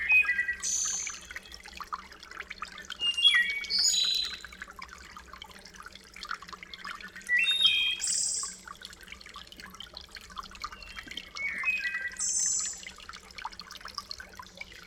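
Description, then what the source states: Thrush song of whistled, varied phrases separated by pauses, some ending in high thin notes, over a continuous sound of trickling water. Riparian zone habitat.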